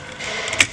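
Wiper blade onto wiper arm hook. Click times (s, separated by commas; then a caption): 0.6 s. A wiper blade adapter on a Mercedes C140/W140 is slid up onto the hook of the wiper arm over a steady low hiss. A sharp click at 0.6 s shows the blade locking all the way onto the arm.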